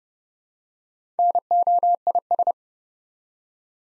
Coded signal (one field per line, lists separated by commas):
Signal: Morse code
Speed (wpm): 30 wpm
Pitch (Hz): 700 Hz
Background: none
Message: NOIS